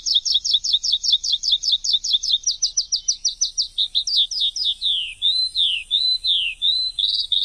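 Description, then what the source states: Bird song: a rapid series of high repeated notes, then slower slurred whistles. Chirping bird sounds intended for training pet birds.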